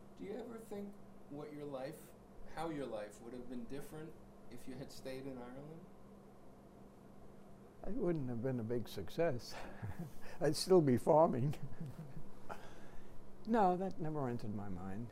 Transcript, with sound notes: Do you ever think what your life — how your life would have been different if you had stayed in Ireland?
I wouldn't have been a big success. [chuckles] I'd still be farming. No, that never entered my mind.